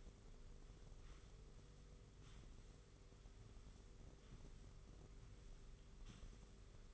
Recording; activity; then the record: daily activity, microphone in the room; sweep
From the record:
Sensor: 4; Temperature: 27.3 degrees Celsius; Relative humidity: 40.1%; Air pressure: 991.3 hPa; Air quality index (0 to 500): 158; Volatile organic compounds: 127 ppm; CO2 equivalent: 3911 ppm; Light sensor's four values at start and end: 24/78/29/30 and 24/78/29/30